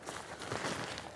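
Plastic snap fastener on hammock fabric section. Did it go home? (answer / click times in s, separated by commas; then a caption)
no / none. Small plastic snap fasteners on the zip and bug-net section of a new 2023 Night Cat Flat Lay hammock are handled and pressed together during setup, with steady soft rustling of the fabric and a brief sharp tick near 1.0 s. Nothing has snapped into place yet.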